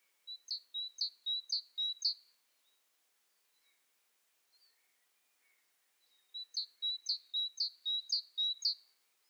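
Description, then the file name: Great tit song: a bright, high two-note phrase repeated four times in quick rhythm, a pause of about four seconds, then another run of several phrases. "Parus major"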